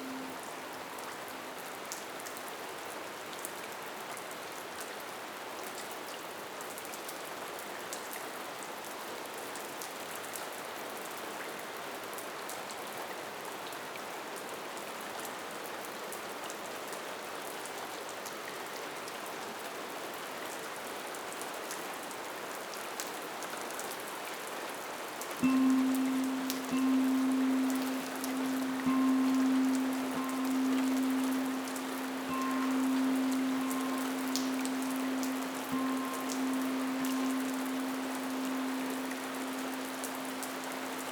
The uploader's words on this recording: Body & Mind Relaxation in Samadhi Cave, Tibet.